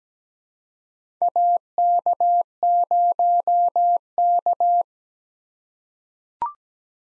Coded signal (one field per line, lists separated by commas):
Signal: Morse code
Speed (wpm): 17 wpm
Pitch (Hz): 700 Hz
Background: none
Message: AK0K